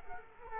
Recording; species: mosquito wingbeat signal from an infrared sensor; Culex quinquefasciatus